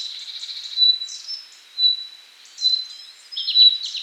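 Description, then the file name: Common nightingale song: clear pure whistles near one pitch alternate with quick slurred notes, over steady background noise. "Luscinia megarhynchos"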